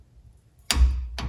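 A click-type torque wrench set to 33 ft-lb tightens the outer tie rod end nut on a 2005–2012 Colorado/Canyon until it clicks. After quiet low rumble, the wrench gives one sharp click at 0.7 s, confirming the nut has reached torque. A second short, softer tap follows at 1.2 s.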